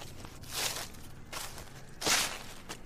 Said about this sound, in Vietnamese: Thì thoảng có những âm thanh xào xạc vang lên, là gió thổi quấn những lá khô, xen lẫn với tiếng bước chân của tôi đi sột soạt. Tiếng động càng lúc càng lớn.